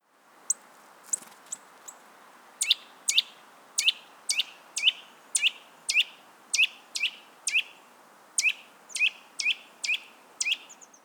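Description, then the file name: Eurasian nuthatch calling: a long series of loud, sharp, downslurred whistled notes, repeated roughly twice per second with brief pauses, over a quiet background. "Sitta europaea"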